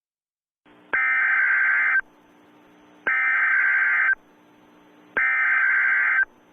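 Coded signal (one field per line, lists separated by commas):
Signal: Emergency Alert System (SAME) tones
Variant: header bursts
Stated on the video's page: Fictional EAS alert scenario set in the Just Cause 3 game world, not a real activation.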